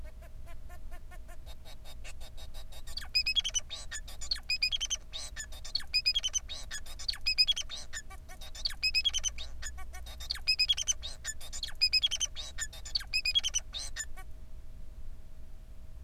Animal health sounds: song of a male Bengalese finch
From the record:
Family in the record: son of father 4

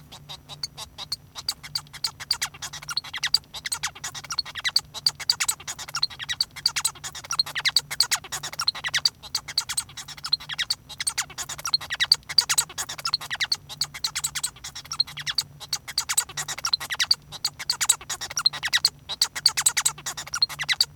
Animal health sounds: song of a male Bengalese finch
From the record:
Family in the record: son of father 1

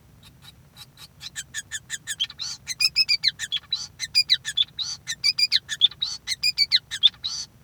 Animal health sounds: song of a male Bengalese finch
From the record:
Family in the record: son of father 5

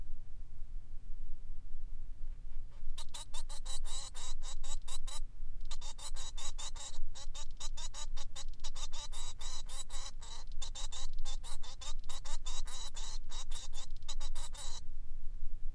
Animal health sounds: song of a male Bengalese finch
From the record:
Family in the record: son of father 3

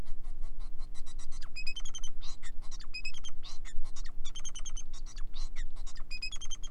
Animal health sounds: song of a male Bengalese finch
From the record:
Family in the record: son of father 4

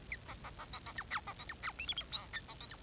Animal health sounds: song of a male Bengalese finch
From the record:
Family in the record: son of father 4

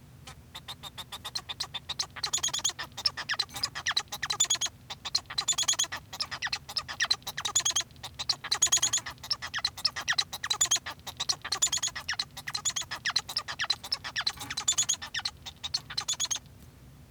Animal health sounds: song of a male Bengalese finch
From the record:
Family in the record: son of father 1

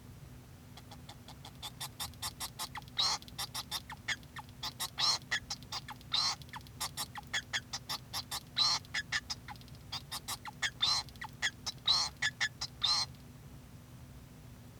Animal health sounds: song of a male Bengalese finch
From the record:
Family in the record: son of father 2

